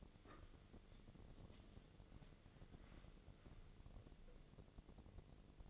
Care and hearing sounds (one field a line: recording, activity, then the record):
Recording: daily activity, microphone in the room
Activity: wipe stove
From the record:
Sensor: 4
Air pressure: 1001.3 hPa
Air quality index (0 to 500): 186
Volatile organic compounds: 3 ppm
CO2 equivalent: 1328 ppm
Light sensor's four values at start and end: 14/31/13/13 and 14/32/13/14